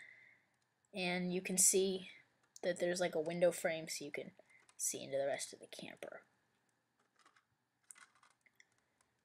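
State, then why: Seated. A hinged plastic section of a brick-built toy camper is pushed back into the camper body while someone talks. After the talk stops, a few faint taps lead to a short, sharp plastic click at 7.9 s, and the part seats back into place.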